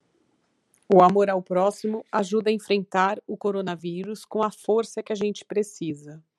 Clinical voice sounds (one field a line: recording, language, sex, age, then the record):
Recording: spoken sentence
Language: Brazilian Portuguese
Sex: female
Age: 40 to 49 years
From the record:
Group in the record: control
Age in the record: 48 years